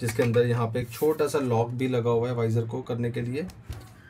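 Someone talks while handling the clear visor of a Royal Enfield Lightwing modular helmet, moving it toward the small lock on the helmet shell that holds the visor shut. Nothing has locked or clicked yet; the visor has not seated by the end.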